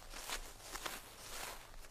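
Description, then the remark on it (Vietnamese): Soft human footsteps outside an abandoned house in a red-leaved forest in the morning, a handful of muffled, uneven steps crunching over a low, steady hiss, with no voices. “Tôi giật thót mình một cái, đúng là tiếng bước chân người, không thể nào nhầm được.”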